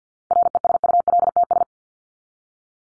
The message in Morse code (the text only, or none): RESULTS